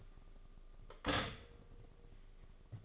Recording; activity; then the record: daily activity, microphone in the room; stop toaster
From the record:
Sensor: 4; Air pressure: 1005.0 hPa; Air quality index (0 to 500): 186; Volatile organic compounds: 5 ppm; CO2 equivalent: 1826 ppm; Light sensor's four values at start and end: 18/61/23/21 and 18/60/22/21